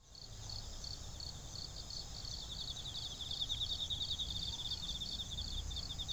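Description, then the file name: Animal calls: continuous high pulsed trilling in repeated short bursts, with a low rumbling background. Recorded 19 September 2019 at Nakayama. "20190919 nakayama"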